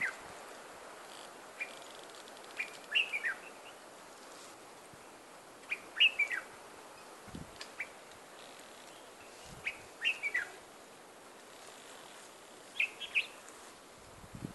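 Bird giving short bursts of high chirped notes every few seconds over steady background noise.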